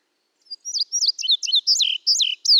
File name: Indigo Bunting